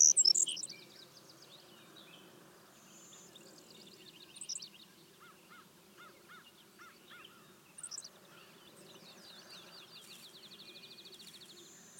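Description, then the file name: Savannah sparrow song of high thin chips and a rolling buzzy trill, while another bird gives short lower, evenly spaced notes in the middle. "Passerculus sandwichensis - Savannah Sparrow"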